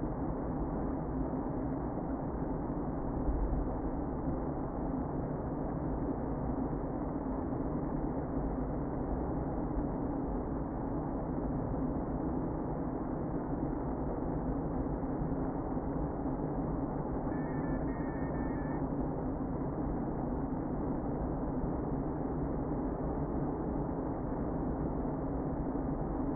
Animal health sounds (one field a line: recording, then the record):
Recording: honeybee colony, microphone inside the hive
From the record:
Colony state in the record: queen present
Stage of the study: before two queens were removed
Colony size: about 60,000 bees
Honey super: yes